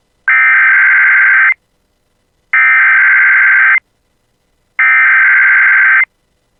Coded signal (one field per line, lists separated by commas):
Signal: Emergency Alert System (SAME) tones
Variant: header bursts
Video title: [EAS] Tornado Watch 511 For the Bemidji Area (7/24/2026)